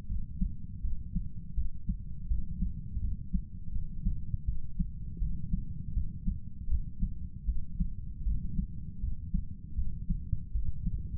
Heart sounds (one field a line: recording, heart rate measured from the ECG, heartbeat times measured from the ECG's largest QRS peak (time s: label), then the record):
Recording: heart sounds by stethoscope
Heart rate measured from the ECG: 80 bpm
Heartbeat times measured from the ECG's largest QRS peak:
0.08 s: heartbeat
0.81 s: heartbeat
1.55 s: heartbeat
2.28 s: heartbeat
3.01 s: heartbeat
3.72 s: heartbeat
4.45 s: heartbeat
5.19 s: heartbeat
5.94 s: heartbeat
6.68 s: heartbeat
7.46 s: heartbeat
8.24 s: heartbeat
9.00 s: heartbeat
9.75 s: heartbeat
10.52 s: heartbeat
From the record:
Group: healthy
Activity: cold pressor test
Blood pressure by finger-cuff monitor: 117/68 mmHg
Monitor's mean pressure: 83 mmHg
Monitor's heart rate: 79 bpm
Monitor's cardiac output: 7.7 L/min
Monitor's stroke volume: 97 mL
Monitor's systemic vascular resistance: 790 dyn s/cm5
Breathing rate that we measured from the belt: 20 breaths a minute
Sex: male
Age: 35 years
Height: 180 cm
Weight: 86.9 kg